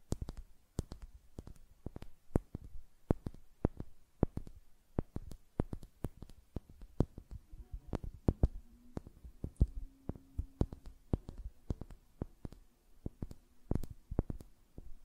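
Quick, sharp taps of fingernails and fingers in a steady, busy flutter, several per second with uneven spacing and some louder clicks. From about eight seconds a faint low steady hum runs underneath the tapping to the end.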